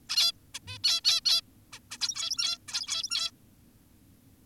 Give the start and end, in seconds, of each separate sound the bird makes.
0.09-0.32, 0.55-0.59, 0.68-0.78, 0.84-1.01, 1.05-1.21, 1.25-1.41, 1.73-1.79, 1.91-1.98, 2.01-2.58, 2.68-3.31